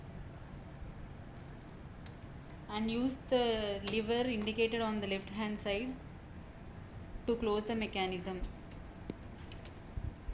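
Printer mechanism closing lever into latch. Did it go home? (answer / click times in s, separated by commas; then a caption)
yes / 9.1 s, 9.5 s, 9.6 s. A TVS Speed40plus printer mechanism is closed with the lever on its left-hand side until it latches into place. Someone talks from about 2.7 to 8.5 seconds, and then short, sharp clicks sound at 9.1, 9.5 and 9.7 seconds as the lever latches. The mechanism is locked closed properly.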